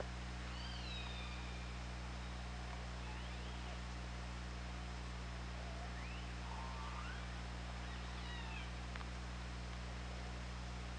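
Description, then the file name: Killer whale underwater calls: several rising and falling whistled tones, some paired, scattered throughout over a constant low droning hum and hiss. Recorded with the OrcaLab hydrophone on 24 August 2017 at 08:18:46. "Orca Lab 20170824 081846"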